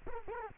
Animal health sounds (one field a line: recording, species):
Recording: mosquito wingbeat signal from an infrared sensor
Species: Culex quinquefasciatus